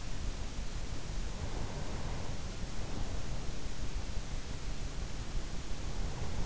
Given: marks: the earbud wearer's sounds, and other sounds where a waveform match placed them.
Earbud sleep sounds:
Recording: sounds in sleep by an in-ear microphone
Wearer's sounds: breath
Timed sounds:
1.63-3.74 s: breath

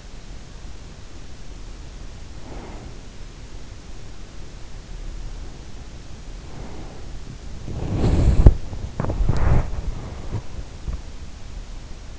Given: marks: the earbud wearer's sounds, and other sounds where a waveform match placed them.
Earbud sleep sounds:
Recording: sounds in sleep by an in-ear microphone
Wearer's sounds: breath, body movement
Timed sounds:
1.97-3.74 s: breath
6.24-7.36 s: breath
7.17-12.19 s: body movement

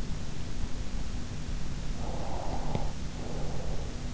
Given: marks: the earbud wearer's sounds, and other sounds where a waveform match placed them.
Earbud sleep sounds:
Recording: sounds in sleep by an in-ear microphone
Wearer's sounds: breath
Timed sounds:
1.96-4.14 s: breath

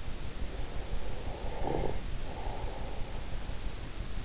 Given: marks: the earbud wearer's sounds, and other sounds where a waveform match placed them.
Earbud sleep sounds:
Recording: sounds in sleep by an in-ear microphone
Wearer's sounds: snoring breath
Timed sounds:
0.92-4.06 s: snoring breath

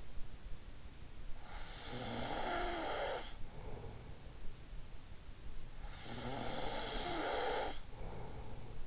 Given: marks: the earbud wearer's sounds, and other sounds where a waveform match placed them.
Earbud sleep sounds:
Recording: sounds in sleep by an in-ear microphone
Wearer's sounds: snoring breath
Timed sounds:
1.62-4.18 s: snoring breath
5.86-8.87 s: snoring breath

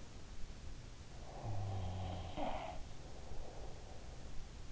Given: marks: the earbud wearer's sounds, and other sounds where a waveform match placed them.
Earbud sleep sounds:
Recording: sounds in sleep by an in-ear microphone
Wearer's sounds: breath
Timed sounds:
1.06-4.38 s: breath
1.84-3.04 s: sound from someone else or the room

